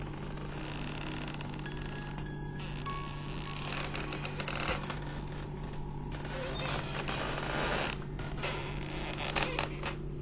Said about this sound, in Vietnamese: Cái võng căng ở góc phòng bỗng nhiên phát ra những âm thanh kẽo ca kẽo kẹt, nghe đến giận cả người.